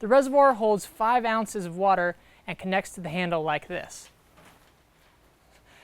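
Someone talks while a 5-ounce water reservoir is brought to a bicycle spray handle and lined up with it during a product demonstration. The speech ends near 4 seconds, followed by a quiet stretch with no sudden sounds. Nothing has been turned, locked or clicked yet.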